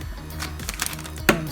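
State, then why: Seated. A memory module is pressed into slot B2 of an Asus Z390-E Gaming motherboard over steady low background hum, with a few small ticks and knocks from about 0.7 to 0.9 s. The retention clip snaps shut with a sharp, loud click at 1.3 s, and the module is seated.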